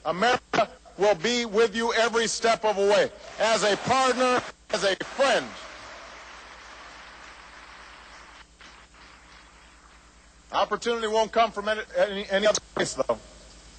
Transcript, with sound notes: America will be with you every step of the way -- as a partner, as a friend. (Applause.) Opportunity won't come from any other place, though.